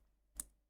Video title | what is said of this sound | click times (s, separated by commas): Amazing looking watch from Cadisen | ah that this clasp just feels good it is well built it it locks in place | 0.4 s